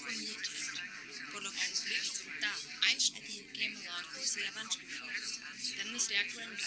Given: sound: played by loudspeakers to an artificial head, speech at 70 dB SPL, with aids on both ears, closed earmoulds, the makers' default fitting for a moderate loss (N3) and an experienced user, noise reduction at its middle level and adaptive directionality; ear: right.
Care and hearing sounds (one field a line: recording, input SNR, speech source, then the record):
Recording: speech test signal (ISTS) in cocktail-party noise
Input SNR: -6 dB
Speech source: in front (0 degrees)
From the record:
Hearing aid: class 1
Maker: J